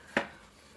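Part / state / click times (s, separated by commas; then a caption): plastic opener capsule onto the neck of a glass serum ampoule / seated / 0.2 s. A small plastic opener capsule from the box is pressed firmly onto the neck of a glass skincare serum ampoule. It gives a single sharp click at 0.2 s that fades quickly, followed by near silence and a faint tick at 0.8 s. The capsule seats onto the ampoule.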